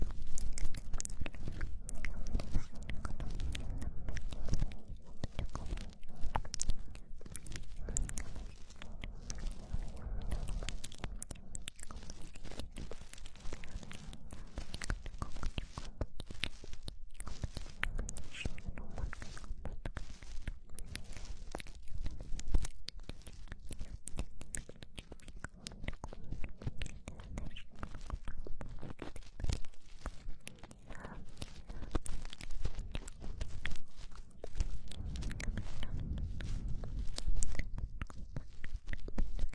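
Ear cleaning and ear massage: a dense, continuous stream of crackly scratching and rubbing with a soft low rumble underneath. The crisp ticks come fast and irregularly throughout, growing fuller and louder in the opening seconds and again around the 35-second mark.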